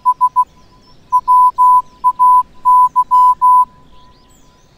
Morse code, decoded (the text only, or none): S WAY